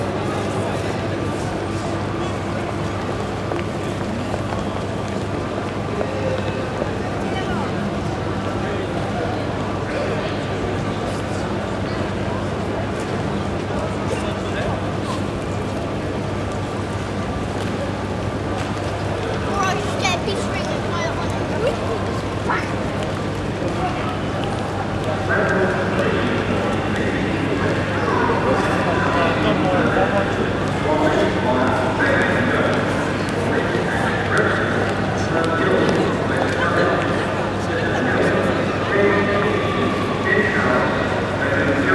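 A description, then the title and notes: A train station platform with a steady low hum and constant crowd chatter, growing busier and louder after about twenty-five seconds. Waiting at the English Train Station.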